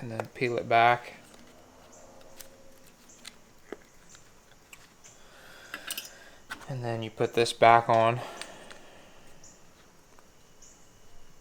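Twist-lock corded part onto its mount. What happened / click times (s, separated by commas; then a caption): Part handled and fitted back on, not yet locked / none. Someone talks while handling a twist-lock corded part that was removed and is being put back onto its mount, with light handling taps and clicks between the speech. Nothing has seated or clicked yet; the part is not yet turned and locked in place.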